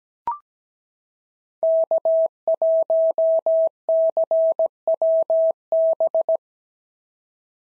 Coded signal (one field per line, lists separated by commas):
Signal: Morse code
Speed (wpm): 17 wpm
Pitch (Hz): 650 Hz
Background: none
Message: K1CWB